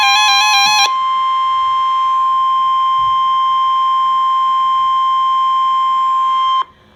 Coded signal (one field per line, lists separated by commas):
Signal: Emergency Alert System (SAME) tones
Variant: 1050 Hz attention tone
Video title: EAS Alerts From May 26-31 (EAS #52-#55)